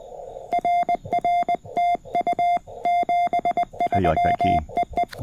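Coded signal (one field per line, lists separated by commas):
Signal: Morse code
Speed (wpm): 20 wpm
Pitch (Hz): 700 Hz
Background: music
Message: RR TU 73 EE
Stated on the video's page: QRP CW on a Parks on the Air activation from a state park, using a CFT1 transceiver, paddle key and 40m end-fed half-wave antenna.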